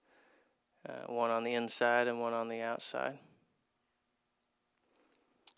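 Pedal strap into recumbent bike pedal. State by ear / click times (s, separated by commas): seated / 5.5 s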